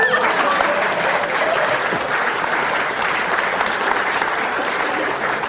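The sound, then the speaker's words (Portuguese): An audience applauds steadily at a motivational stand-up show, a dense, even wash of many hands clapping at once that holds at full strength for several seconds without letting up. “Eu quero aplauso de novo.”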